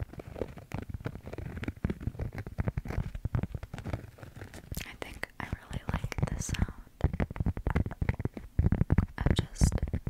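Wooden and cork objects are tapped and scratched in dense, irregular clicks and knocks throughout, with brighter scraping bursts around five and nine seconds.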